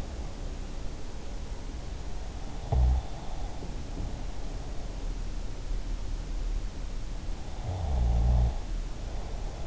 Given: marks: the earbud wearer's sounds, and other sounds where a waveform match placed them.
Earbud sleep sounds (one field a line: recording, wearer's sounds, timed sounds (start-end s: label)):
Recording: sounds in sleep by an in-ear microphone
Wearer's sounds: breath, snoring breath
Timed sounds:
2.58-4.75 s: breath
7.57-9.67 s: snoring breath